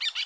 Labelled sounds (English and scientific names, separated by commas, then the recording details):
Brown-throated Parakeet (Eupsittula pertinax) contact call
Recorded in Bonaire
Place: 1 km N of power plant, rd to Republiek
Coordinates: 12.184, -68.285